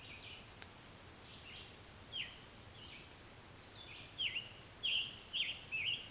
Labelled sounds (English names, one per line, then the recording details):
Scarlet Tanager song
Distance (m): 25 m
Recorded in a Pennsylvania forest on 1 June 2023 at 08:06
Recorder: AudioMoth, point grid3_35_high
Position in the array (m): 164 m, 140 m